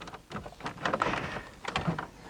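A plastic air vent in the centre console of a 2003–2006 Saab 9-3 dashboard is pried upward with fingers and a plastic pry tool. A cluster of sharp plastic snaps and scrapes is heard, with the retaining clip clicking loose at 1.0 s and further clicks around 1.7–2.0 s. The vent is released from the dashboard.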